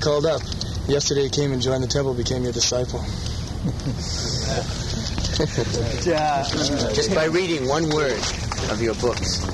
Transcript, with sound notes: He called up. Yesterday he came and joined the temple and became your disciple. [Prabhupāda chuckles]
Jaya.
Just by reading one word of your books.